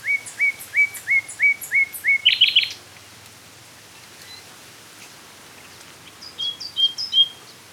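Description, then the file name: Common nightingale song: a series of several repeated whistled slurred notes building into a rattling burst, then after a pause a run of high thin notes. "Luscinia megarhynchos"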